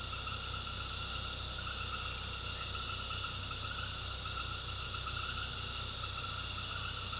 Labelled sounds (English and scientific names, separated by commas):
none